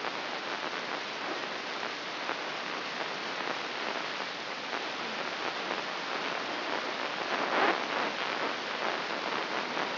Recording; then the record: brain microelectrode recording played as sound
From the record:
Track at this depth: inside the subthalamic nucleus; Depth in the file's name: 5.513 mm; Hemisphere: left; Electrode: 3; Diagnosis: Parkinson's disease